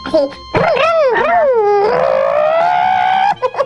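A loud, whiny mosquito buzzing effect lasting about three seconds, its pitch swooping down and up a couple of times before settling into a steady, slowly rising drone.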